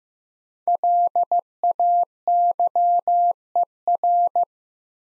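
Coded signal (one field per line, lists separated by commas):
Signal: Morse code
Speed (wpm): 15 wpm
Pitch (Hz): 700 Hz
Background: none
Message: LAYER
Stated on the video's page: 15wpm practice drill of five-letter words, each sent twice in Morse for head-copy practice.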